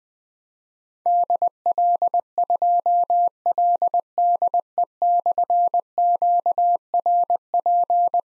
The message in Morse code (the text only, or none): DL2LDE/QRP